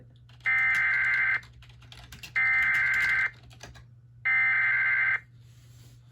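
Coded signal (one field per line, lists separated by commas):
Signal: Emergency Alert System (SAME) tones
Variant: header bursts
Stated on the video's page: EAS relay of a severe thunderstorm warning from NWS Gray.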